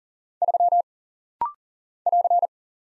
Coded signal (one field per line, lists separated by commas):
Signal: Morse code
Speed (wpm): 40 wpm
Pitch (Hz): 700 Hz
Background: none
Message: 3 <AR>